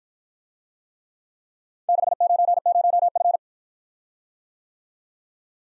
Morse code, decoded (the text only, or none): 690F